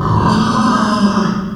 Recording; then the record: squeal of a Yucatan mini pig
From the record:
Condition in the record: after surgery on the right vocal fold (resection and tissue-engineered implant); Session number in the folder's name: 16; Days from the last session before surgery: 183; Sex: female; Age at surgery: 19 weeks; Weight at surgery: 25 kg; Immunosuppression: prednisolone